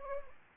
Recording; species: mosquito wingbeat signal from an infrared sensor; Anopheles gambiae